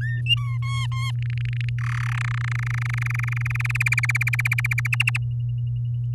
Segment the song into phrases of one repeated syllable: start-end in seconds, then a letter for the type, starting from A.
0.01-0.21 A, 0.26-0.57 B, 0.62-1.11 C, 1.18-1.69 D, 1.78-2.19 E, 2.21-3.77 F, 3.80-4.87 G, 4.92-5.17 H